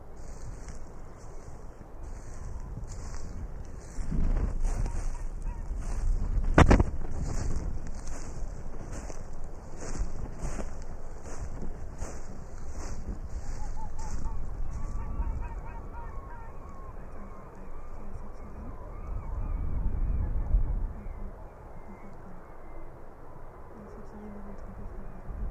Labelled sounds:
Arctic Fox

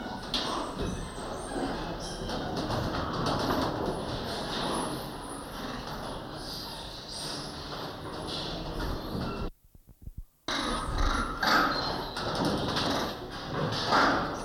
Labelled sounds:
Crab-eating Macaque call

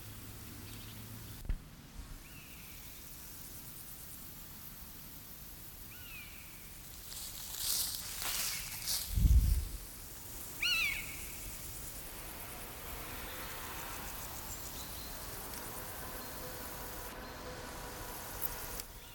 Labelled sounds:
Meadow Grasshopper stridulation

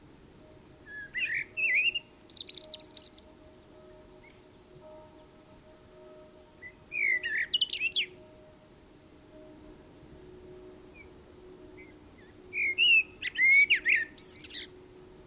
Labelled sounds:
Common Blackbird song

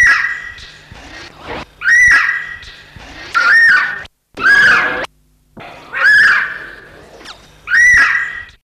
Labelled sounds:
Stork-billed Kingfisher call

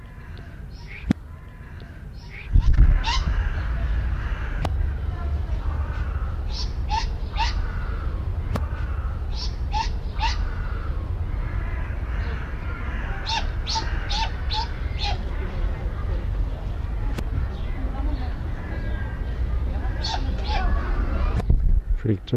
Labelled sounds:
Great Grey Owl

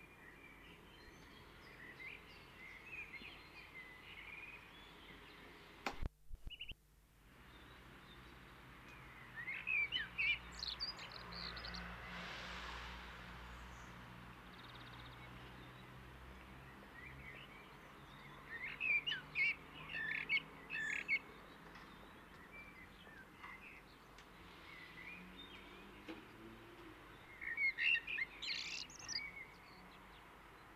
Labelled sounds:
Common Blackbird song

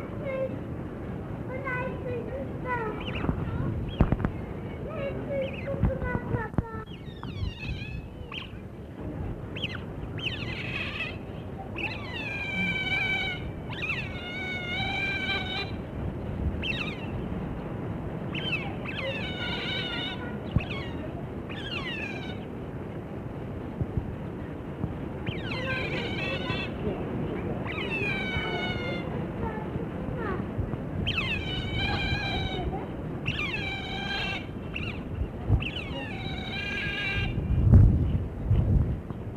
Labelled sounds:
European Otter call

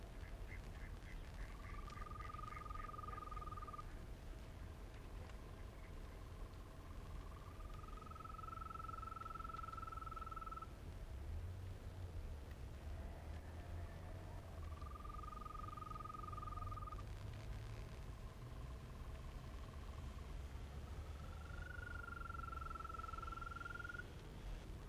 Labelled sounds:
Green Toad call

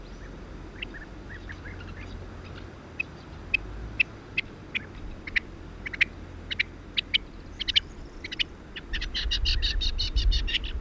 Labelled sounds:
Rock Partridge call

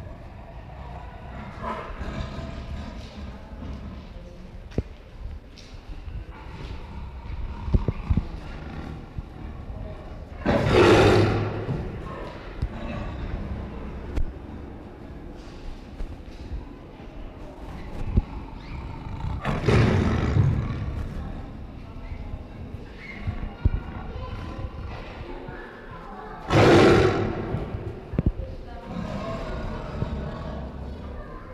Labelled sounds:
Tiger growling

